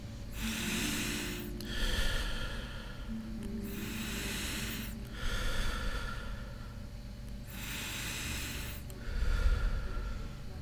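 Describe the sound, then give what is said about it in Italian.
Three slow, deep breaths taken during a guided meditation, each a long airy inhale followed by a steady hissing exhale, at an even unhurried pace against a low background hum, with no talking. “Fate 3 respiri lenti e profondi.”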